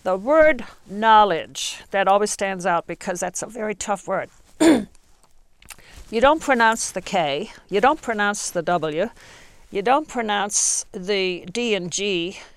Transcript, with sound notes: The word knowledge, that always stands out because that's a very tough word. (she clears her throat) You don't pronounce the "k". You don't pronounce the w. You don't pronounce the d and g;